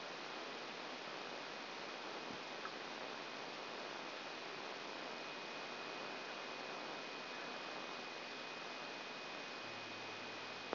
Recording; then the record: brain microelectrode recording played as sound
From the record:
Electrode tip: outside the subthalamic nucleus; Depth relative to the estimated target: 4 mm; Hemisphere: right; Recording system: AlphaMap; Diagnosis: Parkinson's disease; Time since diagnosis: 9 years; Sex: male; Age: 68 years